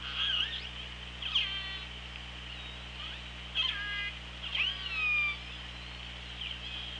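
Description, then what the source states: Killer whale calls, several short harmonic squeals and pulsed bursts at irregular intervals, with a steady low hum beneath. Recorded by OrcaLab hydrophone, 24 August 2017, at 16:26.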